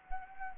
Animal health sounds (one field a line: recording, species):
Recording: mosquito wingbeat signal from an infrared sensor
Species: Anopheles arabiensis